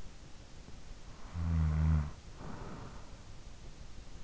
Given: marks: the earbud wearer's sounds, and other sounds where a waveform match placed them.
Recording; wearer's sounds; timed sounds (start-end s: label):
sounds in sleep by an in-ear microphone; snoring breath
0.56-3.73 s: snoring breath